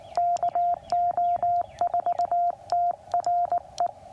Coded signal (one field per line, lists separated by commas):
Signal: Morse code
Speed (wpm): 19 wpm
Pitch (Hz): 700 Hz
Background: none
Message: KO4TRE